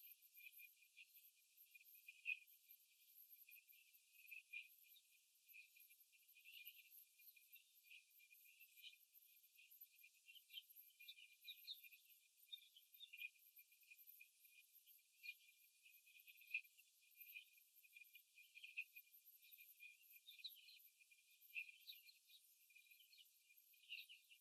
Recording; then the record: young laying hens in a cage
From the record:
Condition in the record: after the stressor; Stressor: simulated dog barking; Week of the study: 3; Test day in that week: 2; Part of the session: 3